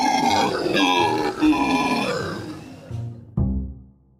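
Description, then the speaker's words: Howler monkey vocalization: a long, rough, harmonic howl with shifting pitch for about two and a half seconds, then short grunting bursts fading out. Captive male, attached to his trainer, gave long vocalizations when she sang to him; used as a layer for a film dinosaur sound. "And when she sang to him, he would go off into these long vocalizations."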